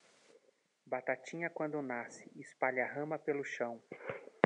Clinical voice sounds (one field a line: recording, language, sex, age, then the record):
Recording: short text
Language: Brazilian Portuguese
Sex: male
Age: 30 to 39 years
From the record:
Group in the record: control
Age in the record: 39 years